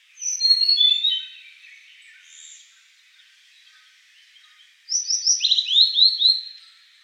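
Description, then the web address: Blue-and-white flycatcher singing two phrases: descending whistled notes with a trailing warble, then after a pause a rapid series of sliding whistles. Recorded 14 April 2015. "birdenaga ooruri"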